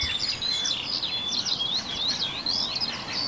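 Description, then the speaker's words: Common sandpiper calling, a fast run of thin high piping notes repeated without pause, over faint background noise. Heard at lakeside microphones in the morning. "Ja nyt kuuluu Rantasipi."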